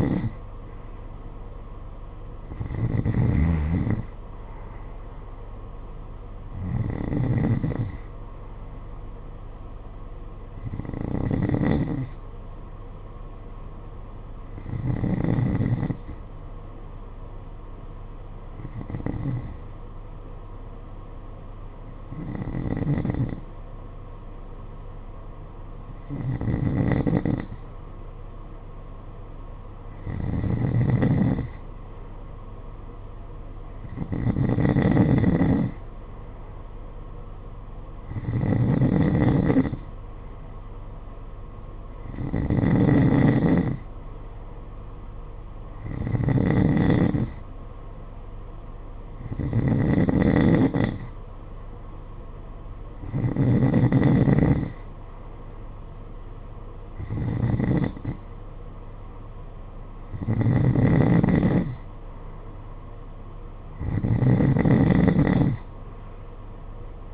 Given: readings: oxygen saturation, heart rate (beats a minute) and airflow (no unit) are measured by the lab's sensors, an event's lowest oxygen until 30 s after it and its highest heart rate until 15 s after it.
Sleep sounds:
breathing in sleep by a smartphone at the bedside; 1
10.00-30.70 s: hypopnea (N2, oxygen 94% highest, then 91% lowest, heart rate 50 at the start, 53 highest)
From the record:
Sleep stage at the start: N2 (light sleep); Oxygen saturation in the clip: 89 to 94%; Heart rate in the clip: 49 to 57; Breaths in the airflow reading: 18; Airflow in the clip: -7.6 to 8.5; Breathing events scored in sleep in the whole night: 476 in 9.7 hours asleep

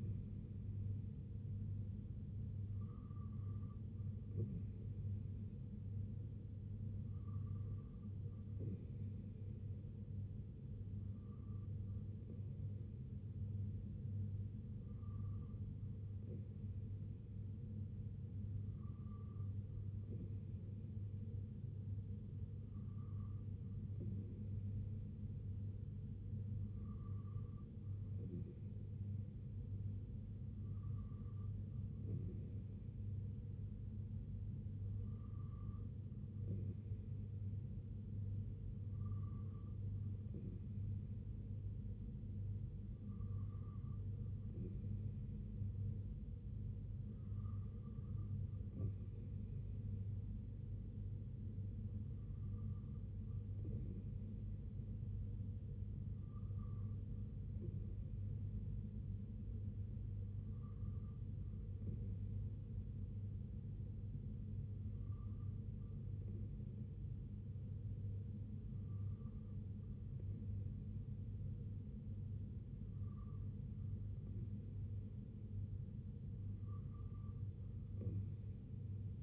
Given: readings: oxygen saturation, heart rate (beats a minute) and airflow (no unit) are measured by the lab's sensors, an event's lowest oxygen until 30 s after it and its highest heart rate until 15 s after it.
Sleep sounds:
breathing in sleep by a smartphone at the bedside; none
none scored
From the record:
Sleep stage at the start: N2 (light sleep); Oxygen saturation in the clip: 92 to 93%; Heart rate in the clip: 63 to 69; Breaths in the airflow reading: 19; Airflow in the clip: -3.7 to 2.2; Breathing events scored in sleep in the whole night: 258 in 7.4 hours asleep

